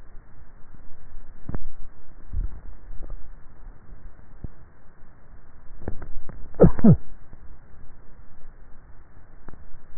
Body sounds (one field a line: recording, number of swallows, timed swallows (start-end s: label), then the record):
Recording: swallowing sounds by neck microphone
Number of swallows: 1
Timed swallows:
2.28-3.02 s: swallow
From the record:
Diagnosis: dysphagia